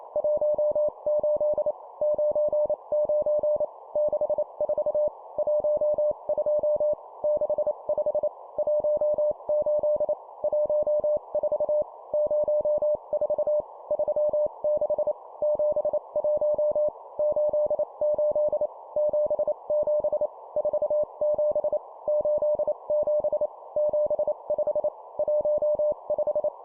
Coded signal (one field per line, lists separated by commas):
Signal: Morse code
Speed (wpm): 28 wpm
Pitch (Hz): 600 Hz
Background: none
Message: 18 99 64 12 65 18 14 04 36 71 88 77 47 87 75 15